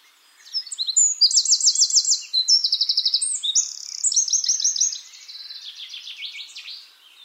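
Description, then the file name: Eurasian wren singing a loud, fast string of high trills and rattles, then easing into quieter chattering notes before falling silent. "Troglodytes troglodytes"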